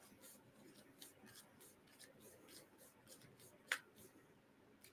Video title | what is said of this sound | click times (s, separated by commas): LDO Box Turtle - Filament Changer Kit - AFC - Live Build Part 2 | there I kind of heard a click there | 3.7 s